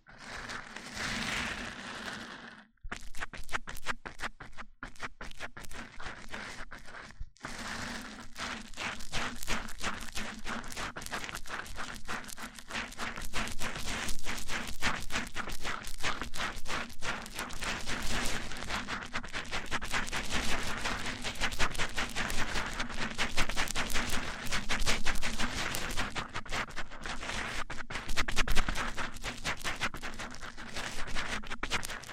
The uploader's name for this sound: MIC ON MIC Triggers